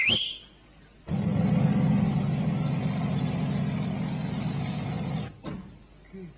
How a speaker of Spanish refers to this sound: El motor de un avión. ¿Motor de un avión? Está mi piloto calentando el motor.